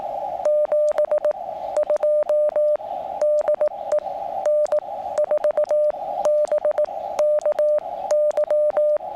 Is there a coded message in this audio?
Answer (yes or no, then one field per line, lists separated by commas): yes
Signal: Morse code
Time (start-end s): 0.5-9.0 s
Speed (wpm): 18 wpm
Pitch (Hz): 600 Hz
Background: radio noise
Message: 72 DE N4BKY